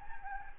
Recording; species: mosquito wingbeat signal from an infrared sensor; Anopheles gambiae